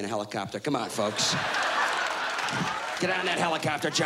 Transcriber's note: soundbite of laughter